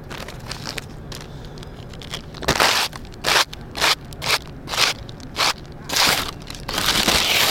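A plastic baggie holding snake skin crinkles in a string of short, sharp, crackly bursts, roughly eight handlings in quick irregular succession over a faint steady hiss, with no talking.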